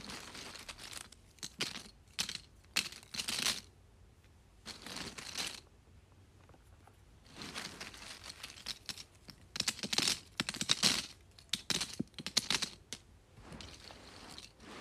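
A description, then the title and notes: Small cardboard pieces are shuffled in short, dry, rustling bursts that come and go irregularly, with brief quiet gaps around 4 and 6 seconds. The scraping is bright and papery, densest near 10 to 12 seconds, over a faint low rumble. ASMR Shuffling Small Cardboard Pieces.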